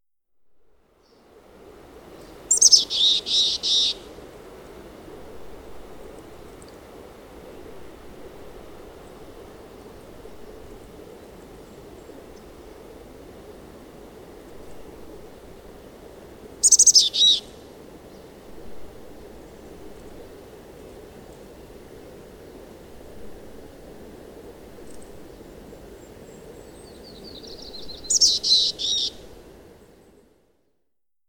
Mountain Chickadee call recorded on the Fern Lake Trail in Rocky Mountain National Park.